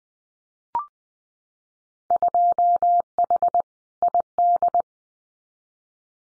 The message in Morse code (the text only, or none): 2H ID